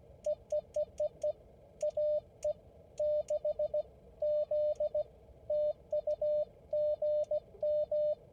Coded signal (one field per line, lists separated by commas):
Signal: Morse code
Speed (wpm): 17 wpm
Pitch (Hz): 600 Hz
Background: none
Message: EEEEE AE6Z TU GM